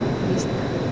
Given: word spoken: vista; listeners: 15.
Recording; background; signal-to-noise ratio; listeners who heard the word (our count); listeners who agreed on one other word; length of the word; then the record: one Spanish word in noise, from a listening test; speech-shaped noise; -6.1 dB; 4 of 15; 7 of 15; 0.52 s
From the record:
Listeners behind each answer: 7, 4, 1, 1, 1, 1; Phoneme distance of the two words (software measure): 10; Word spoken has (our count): 2 syllables, 5 phonemes, stress on syllable 1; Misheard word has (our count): 2 syllables, 5 phonemes, stress on syllable 1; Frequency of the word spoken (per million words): 202.88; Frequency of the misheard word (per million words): 37.91